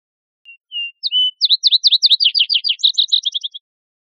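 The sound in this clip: Vesper sparrow song opening with two slow, plain whistles before a tumbling string of rapid chipping, downslurred notes closing in a quick high trill, heard against silence.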